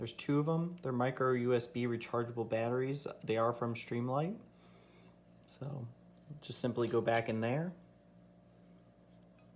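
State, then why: Not seated. Someone talks while handling a micro USB rechargeable Streamlight battery, one of two, as it is brought back to the body of a Streamlight Stinger 2020 flashlight to be pushed in until it latches. Speech fills most of the clip, with a quieter stretch around 4.3–6.5 s and a low steady hum at the end. Nothing has seated or clicked yet.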